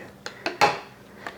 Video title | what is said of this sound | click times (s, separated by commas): Ninja Creami Deluxe NC501 Generic Container Review with Lite Ice Cream Demo | Fits in there fine. It locks into place. | 0.6 s